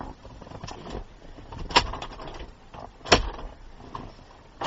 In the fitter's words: Beautiful, that snapped back in nicely.